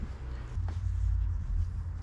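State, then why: Not seated. A plastic inner door handle is handled against the door frame of a 2013-2018 Toyota RAV4 during reassembly after a door lock actuator replacement. A steady low rumble runs throughout, with a brief faint knock near 0.7 s. Nothing has seated or clicked yet.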